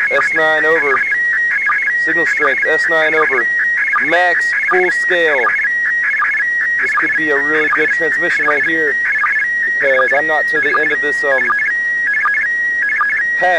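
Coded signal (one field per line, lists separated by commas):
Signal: SSTV (slow-scan television)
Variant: PD 180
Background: speech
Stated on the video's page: ISS SSTV image in mode PD120, transmitted at 50 watts on 145.800 MHz.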